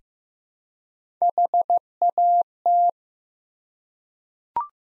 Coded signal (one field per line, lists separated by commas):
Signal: Morse code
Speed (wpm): 15 wpm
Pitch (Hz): 700 Hz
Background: none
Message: HAT